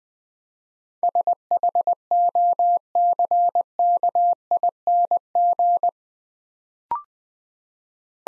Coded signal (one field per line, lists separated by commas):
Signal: Morse code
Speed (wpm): 20 wpm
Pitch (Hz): 700 Hz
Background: none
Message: SHOCKING